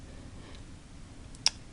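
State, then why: Seated. An internal magnet is dropped inside the vinyl head of a reborn piglet doll (Thistle/Fawn kit) and shaken until it snaps against the outer magnetic pacifier. Over a low, steady background hiss, a faint tick is followed by one sharp, loud click at 1.5 s as the magnet snaps into place, then another faint tick at the end. The magnet is seated.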